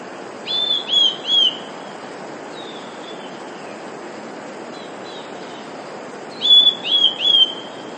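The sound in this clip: Eurasian blue tit song: three sharp, high whistled notes, a quiet gap with faint thin calls, then the same three-note phrase again.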